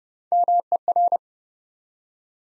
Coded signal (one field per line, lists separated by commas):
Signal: Morse code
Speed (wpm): 30 wpm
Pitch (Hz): 700 Hz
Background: none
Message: MER